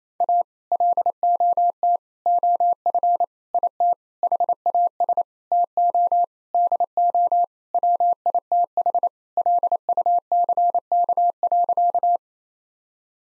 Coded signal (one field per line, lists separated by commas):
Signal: Morse code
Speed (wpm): 28 wpm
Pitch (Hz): 700 Hz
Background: none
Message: A LOT OF IT HAS TO DO WITH LUCK.